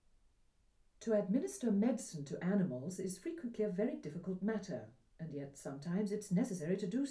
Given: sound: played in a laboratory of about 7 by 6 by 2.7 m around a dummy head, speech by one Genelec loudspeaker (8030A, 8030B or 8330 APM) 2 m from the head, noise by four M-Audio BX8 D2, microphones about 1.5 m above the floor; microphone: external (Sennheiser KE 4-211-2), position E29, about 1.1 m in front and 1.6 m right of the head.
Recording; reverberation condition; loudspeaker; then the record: female speech in English; low; in front (0 degrees)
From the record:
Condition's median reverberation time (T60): about 310 ms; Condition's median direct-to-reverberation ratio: about 3.5 dB